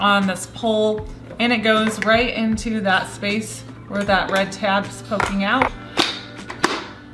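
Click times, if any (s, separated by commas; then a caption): 6.6 s. A spray mop pole section is pushed onto the next pole section until its arrow button pops into the divot, while someone talks over background music. A sharp click at 6.6 seconds marks the section locking into place.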